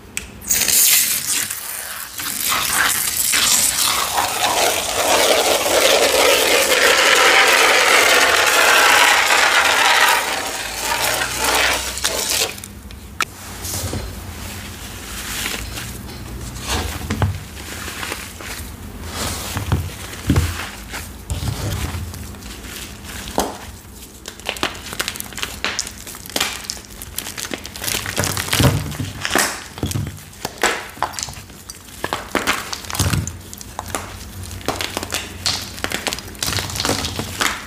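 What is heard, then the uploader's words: Watermelon ASMR. For the first twelve seconds a loud, dense, wet crunching and hissing runs continuously. After that come sparser, irregular juicy crunches, clicks and wet pops over a faint low hum. Watermelon ASMR.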